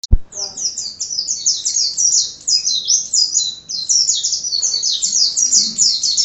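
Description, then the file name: White-eye song: a sustained, rapid stream of very high twittering chips, unbroken for several seconds after a brief click at the start. Ngalas style song, described as excited song. "suara burung pleci ngalas omkicaudotcom"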